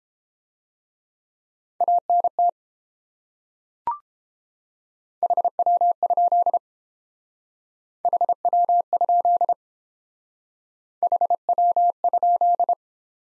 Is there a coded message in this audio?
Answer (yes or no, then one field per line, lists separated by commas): yes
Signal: Morse code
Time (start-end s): 1.8-12.7 s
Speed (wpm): 29 wpm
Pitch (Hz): 700 Hz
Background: none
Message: ANT HW? HW? HW?